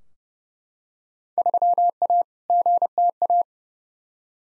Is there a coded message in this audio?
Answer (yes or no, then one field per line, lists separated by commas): yes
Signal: Morse code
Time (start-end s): 1.4-3.4 s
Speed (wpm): 32 wpm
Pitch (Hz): 700 Hz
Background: none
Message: 3A GTA